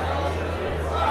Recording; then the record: background sound without coughing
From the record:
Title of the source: CITY SOUNDS Busy Bar in the Evening Night - 2 HOURS of Ambiance for Relaxation